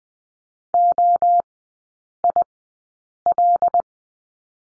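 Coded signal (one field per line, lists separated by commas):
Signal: Morse code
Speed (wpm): 20 wpm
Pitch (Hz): 700 Hz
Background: none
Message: OIL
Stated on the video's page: Morse course lesson at Farnsworth speed 20/10wpm, three-character drill.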